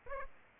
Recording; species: mosquito wingbeat signal from an infrared sensor; Aedes aegypti